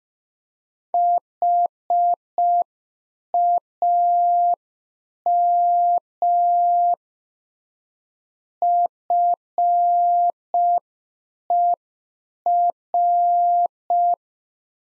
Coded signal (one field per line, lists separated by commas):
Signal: Morse code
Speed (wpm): 5 wpm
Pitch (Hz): 700 Hz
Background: none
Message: HAM FER